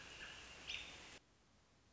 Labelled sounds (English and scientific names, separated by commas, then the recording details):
American Robin (Turdus migratorius)
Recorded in Sonoma County, California